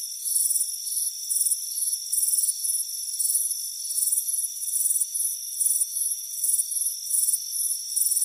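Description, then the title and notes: Crickets chirping: loud shrill chirps close together, nearly twice a second, over a continuous steady trill. Crickets chirping on a warm afternoon, heard from a front porch. "Soothing Crickets Chirping Sound. It's a warm afternoon as you relax in a hammock on the front porch. Relax and fall asleep to the soothing sound of chirping crickets. Deep Sleep Sounds"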